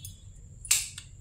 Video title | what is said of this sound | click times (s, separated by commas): -2️⃣2️⃣9️⃣- Traditional antique brass bronze and copper items for sale🏷️ free shipping📦🚚#antique | இப்போ இதுவும் போய் டக்குன்னு லாக் ஆகும் பாருங்கள். | 0.7 s